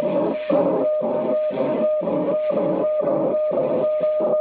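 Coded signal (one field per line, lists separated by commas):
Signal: weather fax (radiofax)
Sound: rhythmic scratchy warbling, about two strokes a second, over a steady low whistle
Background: radio static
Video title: Maritime Weather Fax Transmission from USCG NMF Boston, MA, USA @ 4235 kHz USB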